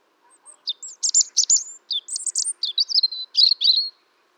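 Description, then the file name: European robin song: a rapid run of high, thin, tinkling notes and trills, varied and jumbled, with short sweeping whistles between them. "Erithacus rubecula"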